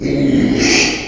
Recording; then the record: squeal of a Yucatan mini pig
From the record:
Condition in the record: after surgery on the right vocal fold (resection and tissue-engineered implant); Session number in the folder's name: 2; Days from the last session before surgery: 13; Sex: male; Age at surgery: 12 weeks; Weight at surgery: 13 kg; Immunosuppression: cyclosporine, prednisolone